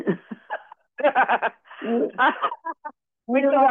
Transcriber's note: laughs